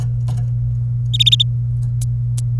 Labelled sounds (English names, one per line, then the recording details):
Domestic Canary song
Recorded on 26 April 2018 at 16:32
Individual llb3